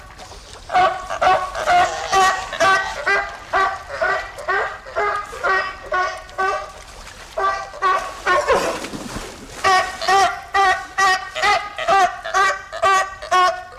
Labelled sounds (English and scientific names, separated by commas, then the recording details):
California Sea Lion (Zalophus californianus) call
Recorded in captivity
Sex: diverse
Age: diverse
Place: Zoo Osnabrück, Niedersachsen, DE
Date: 1991-09-09
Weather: overcast, 13°C
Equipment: Marantz CP 430, Kopie Tesla B 116
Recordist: Tembrock, Günter
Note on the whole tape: Rufreihe des Weibchens (hat Junge) und jüngeres Weibchen (im Wasser), Jungenlaute an Mutter-Weibchen (Jungtiere vom 13. und 16.6.91), zudem Laute von subadultem Weibchen